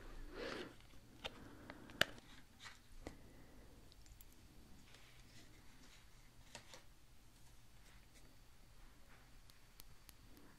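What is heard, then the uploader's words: Quiet hair brushing and combing, with soft scratchy strokes and light crackles. A sharp tap lands near two seconds, and after a fuller rustle at the start the sounds stay sparse and faint over a low steady hum. ASMR Crown Chakra Hair Treatment Crystal Comb, Massage, Hair Brushing.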